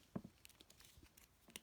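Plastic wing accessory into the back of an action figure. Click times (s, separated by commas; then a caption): 1.6 s. A plastic wing accessory is pegged into the back of an action figure and wedged in, with small scraping and tapping sounds as it is worked in. It clicks into place at 1.6 s with a sharp, bright snap, and the wing is seated.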